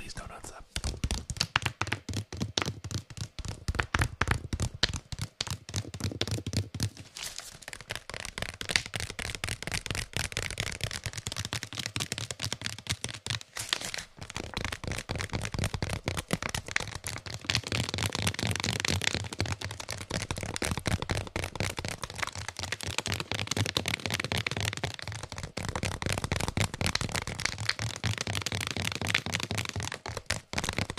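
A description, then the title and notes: Quick, dense tapping on a small vase and assorted boxes runs almost without pause, the light clicks blurring into a crisp, papery rattle. The pace shifts slightly every few seconds, with a brief lull near the fourteen-second mark. Bright. Glorious Tapping on a Small Vase and Some Random Boxes (Bearded Audio ASMR). Tapping on a small vase and other boxes around his home.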